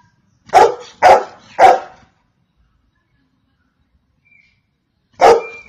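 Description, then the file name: Golden retriever barks: three quick barks, a silent pause of about three seconds, then two more barks in fast succession. "Golden retriever Dog"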